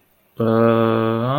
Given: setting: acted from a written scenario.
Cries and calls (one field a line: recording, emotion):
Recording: vocal sound without words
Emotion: guilt